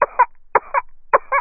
Infant Cough.